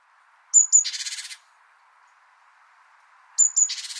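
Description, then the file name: Great tit calls: a thin high note followed by a harsh, buzzy churring rattle, given twice about three seconds apart against quiet background. "Parus major"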